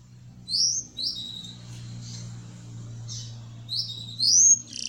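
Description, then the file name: Belgian canary song in two bursts of high, sweeping whistled notes separated by a quiet gap, over a steady low hum. Copper-coloured Belgian canary. "canto do canario belga cobre"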